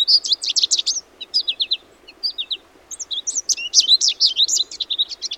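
Goldfinch twittering, a jumble of high liquid chirps and trills in rapid bursts, with a pause midway, over a faint background hiss.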